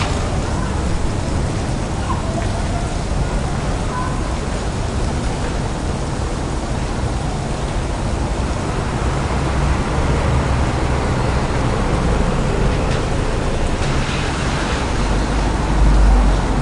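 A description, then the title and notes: Rain falls steadily in the city, a dense, even hiss that fills the whole clip without pause. A low rumble sits underneath, likely traffic, swelling slightly near the end as something passes around sixteen seconds. Rainy Day in Amsterdam. The sounds of the European street.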